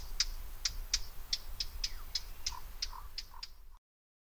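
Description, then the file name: Eurasian blackcap giving hard clicking tac calls in a rapid run, over a low rumble. "Sylvia atricapilla"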